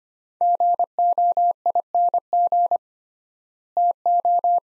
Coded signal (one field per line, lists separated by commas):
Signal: Morse code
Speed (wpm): 25 wpm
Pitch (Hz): 700 Hz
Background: none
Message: GOING TO